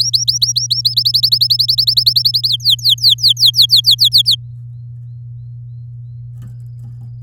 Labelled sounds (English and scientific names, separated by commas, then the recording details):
Domestic Canary (Serinus canaria) song
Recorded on 11 May 2018 at 09:26
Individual llb16